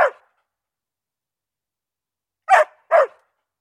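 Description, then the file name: Dog giving one bark, then after a two-second pause a quick double bark. "Dogs Barking"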